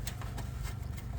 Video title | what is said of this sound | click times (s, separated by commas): JAGUAR F-PACE How to add windshield fluid/Washer fluid reservoir location Jaguar F-Pace (2015-2024) | Once when you're done, you simply just need to close this cap. Make sure it clicks | 0.1 s, 0.2 s